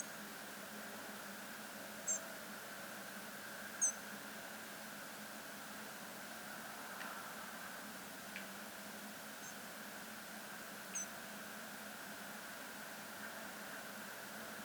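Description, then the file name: European robin giving brief, thin, very high call notes scattered irregularly throughout, about four clear ones, over a steady background hum and hiss. "Erithacus rubecula"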